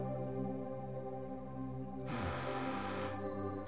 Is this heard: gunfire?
no